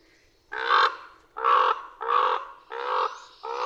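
Common raven uttering five hoarse, throaty croaks in a loose series, each under a second long, spaced about three-quarters of a second apart.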